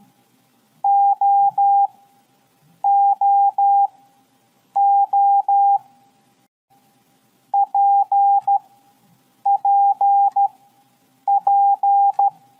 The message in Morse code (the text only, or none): OOO PPP